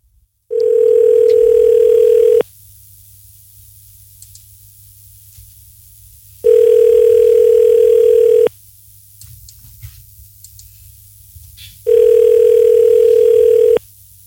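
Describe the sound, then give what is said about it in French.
An outgoing call's ringback tone sounds three times, each a steady, low-pitched two-second buzz separated by about four seconds of near silence, with no one speaking. “J'espère qu'on va pas se taper 800 sonneries, quoi.”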